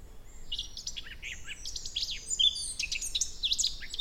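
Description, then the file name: Eurasian blackcap song, a dense scratchy warble of quick high notes, with a few clearer whistled notes toward the end. "Sylvia atricapilla"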